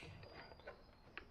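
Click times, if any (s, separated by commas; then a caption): 1.2 s. A wiring harness plug is pushed into its mating connector, with soft rubbing and shuffling handling sounds before it. A sharp, fast-decaying click at 1.2 seconds marks the plug snapping into place, and the connector is seated.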